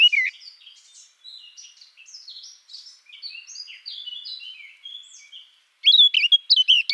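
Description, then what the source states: Eurasian blackcap song: a long, soft, chattering warble of scratchy notes, followed by a brief burst of loud, bright fluted phrases at the end. Recorded in Garching on 17 June 2014.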